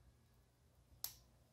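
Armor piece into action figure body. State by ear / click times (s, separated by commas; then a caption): seated / 1.0 s. A metal/plastic cloth armor piece for a Bandai Cloth Myth EX Metal Ophiuchus Odysseus action figure (Saint Seiya: Next Dimension) is placed smaller side forward on the left side of the figure's body. After quiet low background hum, it gives a single sharp, bright snap at 1.1 s as it clicks into its mount. The piece is seated and fits perfectly.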